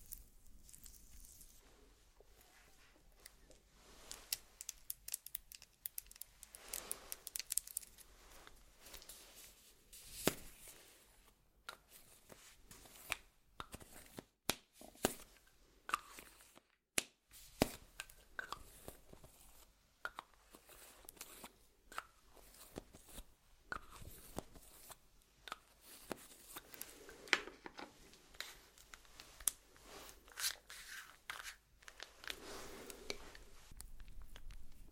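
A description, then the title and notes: Makeup application sounds with no talking: a dense run of short, crisp taps, clicks and brushing strokes that come in quick irregular bursts throughout. Soft swishes rise and fade around the 7, 27 and 32 second marks, with a brief silent gap near 17 seconds. ASMR Doing Your Makeup , Pure Sounds , No Talking.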